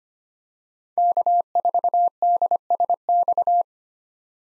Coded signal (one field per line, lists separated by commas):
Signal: Morse code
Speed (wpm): 25 wpm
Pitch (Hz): 700 Hz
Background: none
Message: K4DSX